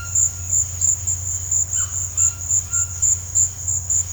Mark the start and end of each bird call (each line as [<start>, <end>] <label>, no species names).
[0.00, 4.13] bird call